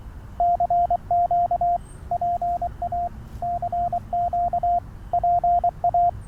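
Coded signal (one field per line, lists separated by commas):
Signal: Morse code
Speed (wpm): 23 wpm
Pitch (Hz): 700 Hz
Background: radio noise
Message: CQ PA CQ PA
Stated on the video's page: Portable CW contact made with an OHR 100A rig.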